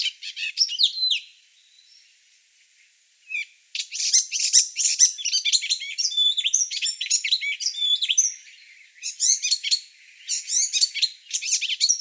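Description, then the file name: Icterine warbler song: a fast, varied jumble of chattering, squeaky and harsh notes in long high-pitched phrases, with a long pause after the first burst. "Hippolais icterina"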